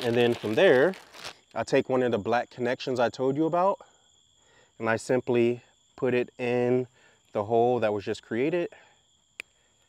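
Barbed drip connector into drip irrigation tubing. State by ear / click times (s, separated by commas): seated / 9.4 s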